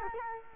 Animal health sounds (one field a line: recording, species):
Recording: mosquito wingbeat signal from an infrared sensor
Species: Culex quinquefasciatus